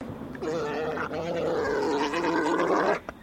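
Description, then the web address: Alpaca mating call, a continuous throaty gurgling drone lasting about two and a half seconds, with a warbling tone and rough breathy texture throughout. Male alpaca giving a mating call. "Sound Effects-Foundation 1 ANIMAL ALPACA MALE MATING CALL"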